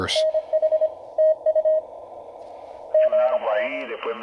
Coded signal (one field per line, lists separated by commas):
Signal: Morse code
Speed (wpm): 27 wpm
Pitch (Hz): 620 Hz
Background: speech, radio noise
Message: NH TU GT